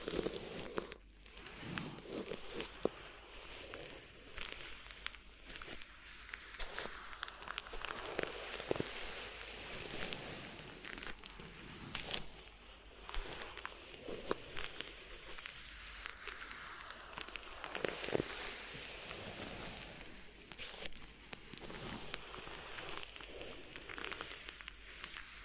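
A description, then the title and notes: Crinkly material is rubbed and squeezed without pause, giving a dense, bright crackling that runs the full length. Sharper snaps and crunches pop up every second or so, with brief soft stretches in between, and a faint low rustle sits underneath. ASMR Addictive Crinkly Ear Massage (No Talking).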